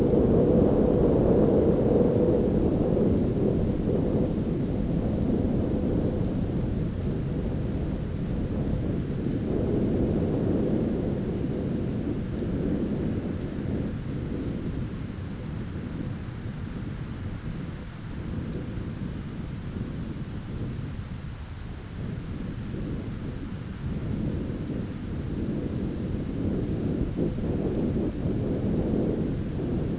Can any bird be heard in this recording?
no